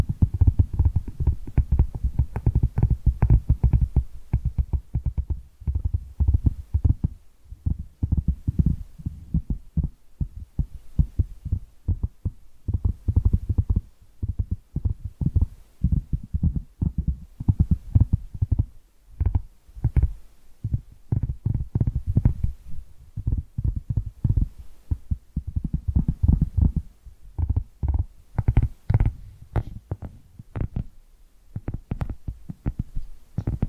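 Tapping triggers in a steady stream of soft, muffled knocks, dull and low like a thumping heartbeat, with occasional brighter clicks. The taps come quickly and irregularly throughout the whole clip, thinning into sparser, sharper taps around the thirty-second mark.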